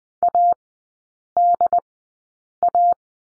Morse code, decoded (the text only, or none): ADA